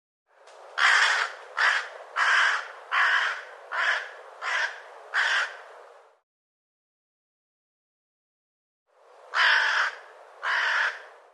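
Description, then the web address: Bird giving a run of seven coarse, rasping caws, then silence for about three seconds before two more. "cianscape birddata Deverinetal"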